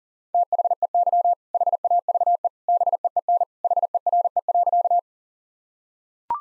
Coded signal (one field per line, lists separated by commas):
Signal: Morse code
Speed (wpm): 40 wpm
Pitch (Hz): 700 Hz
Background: none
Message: THEY HAVE BEEN HERE.